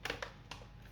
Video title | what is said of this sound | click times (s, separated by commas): เปลี่ยนแบต dell notebook เปลี่ยน hhd เป็น ssd | ๆส่วนนะครับโอเคตอนนี้ก็เข้าล็อคหมดแล้วนะครับต่อมานะครับก็คือ | 0.1 s, 0.2 s, 0.5 s